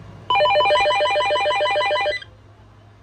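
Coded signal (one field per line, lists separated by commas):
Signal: none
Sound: cordless phone ringing beeps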